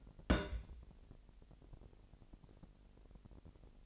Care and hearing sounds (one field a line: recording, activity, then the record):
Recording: daily activity, microphone in the room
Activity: place on stove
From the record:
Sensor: 5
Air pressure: 1002.1 hPa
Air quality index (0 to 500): 297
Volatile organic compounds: 50 ppm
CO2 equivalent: 3296 ppm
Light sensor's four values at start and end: 19/42/18/20 and 20/43/19/21